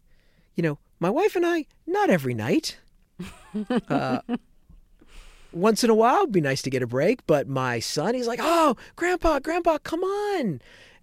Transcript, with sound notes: You know, my wife and I - not every night.
(Laughter).
Once in a while it would be nice to get a break. But my son, he's like, oh, Grandpa, Grandpa, come on.